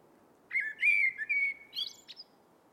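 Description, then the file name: Eurasian blackbird singing one mellow whistled phrase with slurred, sliding notes, closed by a brief high-pitched squeaky flourish. "Turdus merula"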